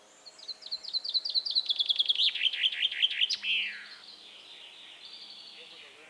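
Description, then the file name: Common chaffinch delivers one rattling, downward-stepping phrase of quick notes ending in a flourish, followed by a softer, fading tail of sound. "Fringilla coelebs"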